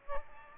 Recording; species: mosquito wingbeat signal from an infrared sensor; Aedes aegypti